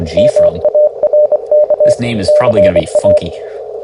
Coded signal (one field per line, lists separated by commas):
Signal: Morse code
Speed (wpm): 24 wpm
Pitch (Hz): 600 Hz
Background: speech, radio noise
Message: MARK CA